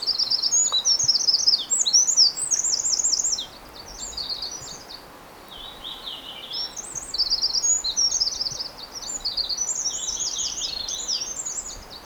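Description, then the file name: Eurasian wren song: energetic high trills of rapid sharp notes, broken by a quieter pause in the middle. "Troglodytes troglodytes"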